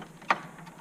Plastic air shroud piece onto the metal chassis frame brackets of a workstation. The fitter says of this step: once you hear that click that is in place all right so we'll do the same on the bottom